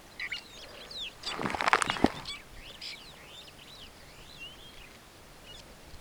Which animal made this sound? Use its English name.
Superb Starling